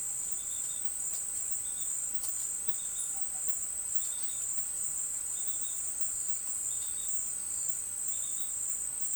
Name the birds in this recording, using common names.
none